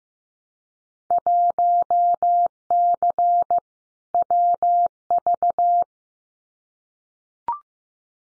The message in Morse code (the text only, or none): 1C WV